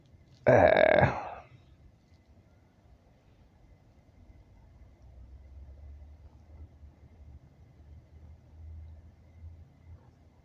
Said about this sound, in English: I farted.